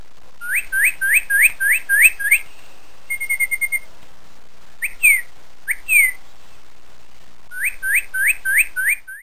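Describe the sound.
Bird chirps: a rapid series of bright, rising chirps, then a flat, pulsed note and a few single chirps before another rapid run.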